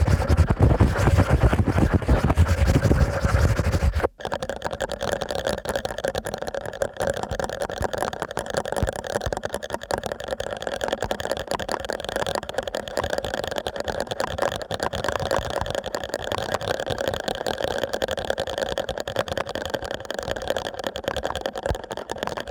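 Fast ear cleaning with a dense, scratchy rustle that runs without pause for the whole stretch. The first four seconds carry a heavier, rumbling low layer, then a brief drop gives way to a steadier, thinner scraping with a faint held tone underneath.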